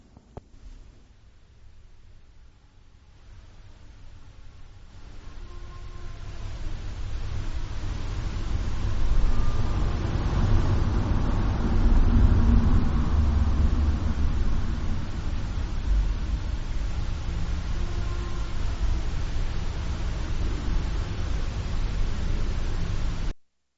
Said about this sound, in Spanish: Son varios lamentos, ¿eh? No solo uno, son varios lamentos antes y después del sonido del motor de un coche.